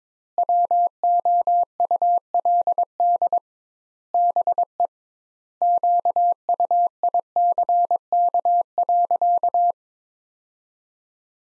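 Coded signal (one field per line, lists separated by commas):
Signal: Morse code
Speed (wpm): 22 wpm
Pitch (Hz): 700 Hz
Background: none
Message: WOULD BE QUICK.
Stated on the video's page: Morse practice sentences from the top 500 words at 22 wpm with 2x standard word spacing, a word-based method analogous to Farnsworth.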